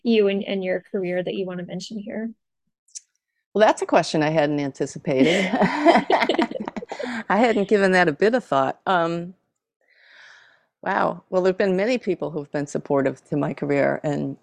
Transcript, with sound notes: you and your career that you want to mention here.
Well, that’s a question I hadn’t anticipated. [laughs] I hadn’t given that a bit of thought, wow. Well, there have been many people who’ve been supportive to my career and